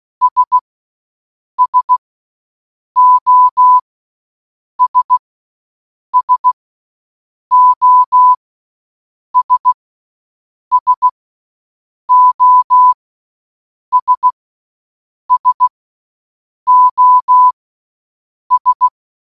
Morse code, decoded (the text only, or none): S SOS SOS SOS SOS